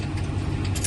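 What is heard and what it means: The chain of a weight-distribution hitch spring bar, hooked on the third link, is levered into a snap-up bracket on the trailer frame with a bar over a steady low engine-like rumble. One sharp snap lands at 0.9 s as the bracket closes and the chain seats.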